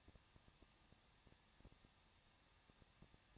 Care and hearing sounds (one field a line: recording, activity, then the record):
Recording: daily activity, microphone in the room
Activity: no activity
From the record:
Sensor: 3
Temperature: 21.2 degrees Celsius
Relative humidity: 36.3%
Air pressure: 1006.5 hPa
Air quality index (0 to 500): 221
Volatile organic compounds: 39 ppm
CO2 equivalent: 3134 ppm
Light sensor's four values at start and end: 2/3/2/2 and 2/3/2/2